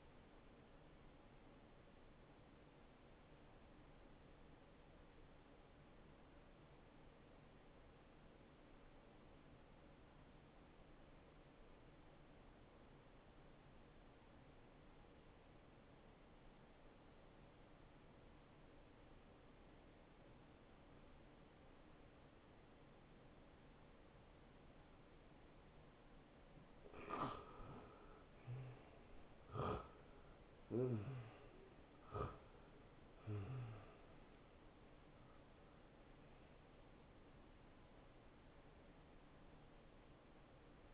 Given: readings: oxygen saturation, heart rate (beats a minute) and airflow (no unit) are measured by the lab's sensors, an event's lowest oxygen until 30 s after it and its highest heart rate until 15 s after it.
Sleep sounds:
breathing in sleep by a voice recorder at the bedside; 1
4.00-29.50 s: obstructive apnea (N2, oxygen 90% highest, then 81% lowest, heart rate 70 at the start, 75 highest)
23.00-40.94 s: new sleep stage, N1 (lightest sleep)
From the record:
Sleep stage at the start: N2 (light sleep); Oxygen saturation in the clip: 82 to 90%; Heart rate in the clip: 56 to 75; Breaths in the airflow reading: 6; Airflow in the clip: -16.5 to 9.2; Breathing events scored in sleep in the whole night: 263 in 5.5 hours asleep

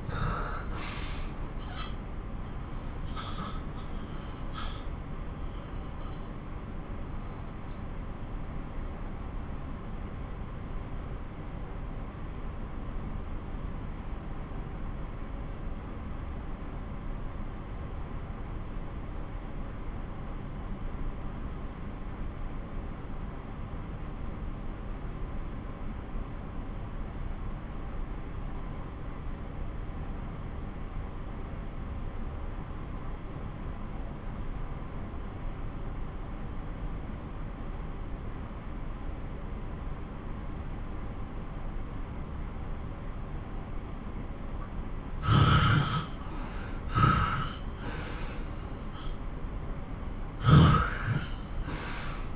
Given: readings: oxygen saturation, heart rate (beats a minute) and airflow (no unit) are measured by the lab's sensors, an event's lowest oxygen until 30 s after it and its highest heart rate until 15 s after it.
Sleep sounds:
breathing in sleep by a smartphone at the bedside; 1
1.00-52.36 s: new sleep stage, N1 (lightest sleep)
6.00-44.20 s: obstructive apnea (N1, oxygen 95% highest, then 90% lowest)
From the record:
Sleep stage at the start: N2 (light sleep); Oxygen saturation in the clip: 80 to 95%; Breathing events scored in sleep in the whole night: 217 in 6.3 hours asleep

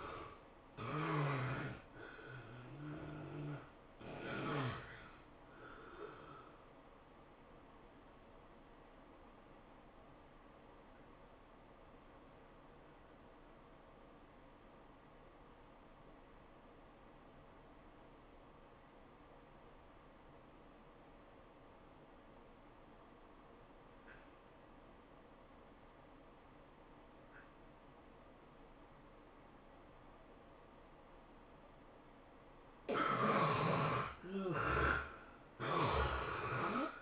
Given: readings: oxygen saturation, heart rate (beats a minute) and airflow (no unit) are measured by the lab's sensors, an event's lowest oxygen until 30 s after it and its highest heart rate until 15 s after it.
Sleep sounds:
breathing in sleep by a voice recorder at the bedside; 1
5.00-32.60 s: hypopnea (N1, oxygen 97% highest, then 70% lowest, heart rate 102 at the start, 108 highest)
5.00-37.02 s: new sleep stage, N1 (lightest sleep)
From the record:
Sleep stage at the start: N2 (light sleep); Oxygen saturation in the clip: 71 to 97%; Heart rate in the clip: 82 to 103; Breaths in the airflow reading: 5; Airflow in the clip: -14.6 to 15.2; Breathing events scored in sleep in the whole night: 403 in 5.5 hours asleep

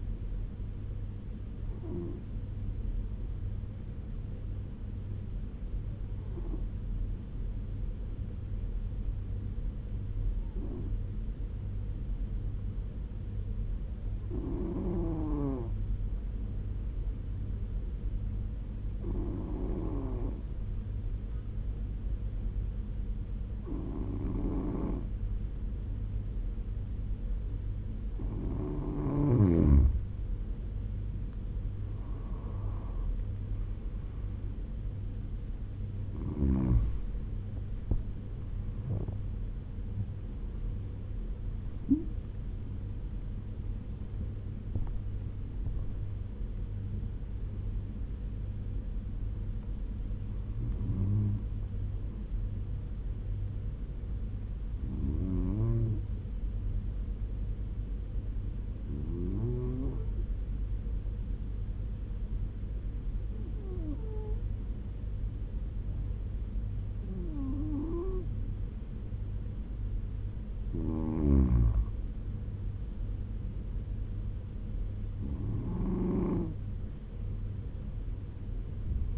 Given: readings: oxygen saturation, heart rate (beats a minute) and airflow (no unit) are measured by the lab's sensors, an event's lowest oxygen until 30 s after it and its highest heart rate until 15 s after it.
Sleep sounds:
breathing in sleep by a smartphone at the bedside; 2
4.00-30.30 s: hypopnea (N1, oxygen 98% highest, then 92% lowest, heart rate 75 at the start, 89 highest)
59.00-72.60 s: hypopnea (N1, oxygen 98% highest, then 94% lowest, heart rate 78 at the start, 83 highest)
From the record:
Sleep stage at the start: N1 (lightest sleep); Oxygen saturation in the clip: 92 to 98%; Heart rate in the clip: 74 to 89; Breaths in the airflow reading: 17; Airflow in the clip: -10.2 to 15.7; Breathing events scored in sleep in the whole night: 201 in 6.5 hours asleep

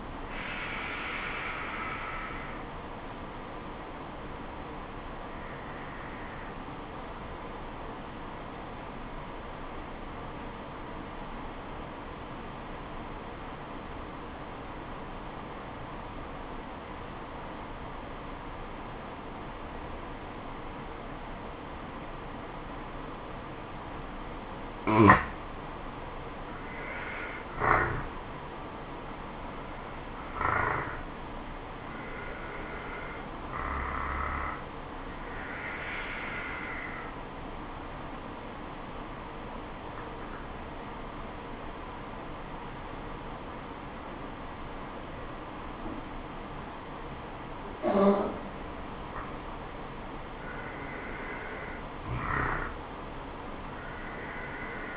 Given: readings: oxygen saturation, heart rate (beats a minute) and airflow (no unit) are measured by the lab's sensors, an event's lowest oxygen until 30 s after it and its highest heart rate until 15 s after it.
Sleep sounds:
breathing in sleep by a voice recorder at the bedside; 2
3.00-26.60 s: obstructive apnea (N1, oxygen 97% highest, then 88% lowest, heart rate 73 at the start, 78 highest)
24.00-54.96 s: new sleep stage, N2 (light sleep)
38.00-50.80 s: obstructive apnea (N2, oxygen 96% highest, then 93% lowest, heart rate 72 at the start, 78 highest)
From the record:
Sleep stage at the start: N1 (lightest sleep); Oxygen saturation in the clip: 85 to 97%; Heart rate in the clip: 66 to 78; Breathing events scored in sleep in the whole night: 426 in 7.4 hours asleep

